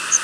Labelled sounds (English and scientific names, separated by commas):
Yellow Warbler (Setophaga petechia) flight call